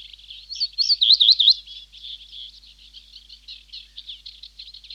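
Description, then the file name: Reed bunting giving one short, high, jingling phrase of looping notes, followed by a soft, continuous chatter of faint twittering in the background. "Reed Bunting (Emberiza schoeniclus)"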